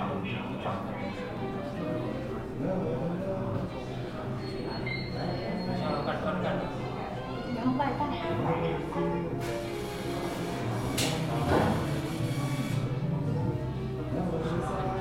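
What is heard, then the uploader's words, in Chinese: Sitting in a café: a steady murmur of overlapping voices runs the whole time, dense and unbroken. Scattered clinks and short knocks of cups or furniture come every few seconds, and a brighter hiss rises from about 9.5 to 13 seconds. 坐在咖啡馆有点开心｜城市声音。北京地坛旁边 没有特地录说话声。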